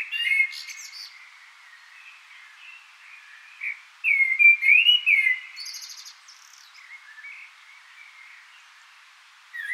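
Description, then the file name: Common blackbird singing: a soft fluted warble early on, then a louder mellow whistled phrase around the middle that ends in a thin, squeaky twitter, followed by quiet. "Turdus merula"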